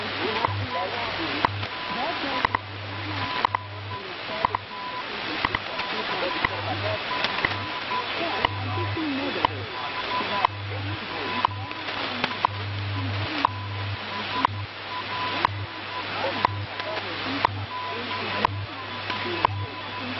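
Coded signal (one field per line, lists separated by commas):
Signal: radio time signal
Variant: WWV, WWVH, BPM mixed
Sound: clicks every second over hiss, low hum bursts, faint tones and distant voices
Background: radio static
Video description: you can hear all of the stations in there at different points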